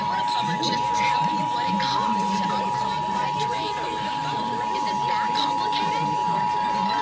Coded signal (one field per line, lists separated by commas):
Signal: Emergency Alert System (SAME) tones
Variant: 853 and 960 Hz attention tone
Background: speech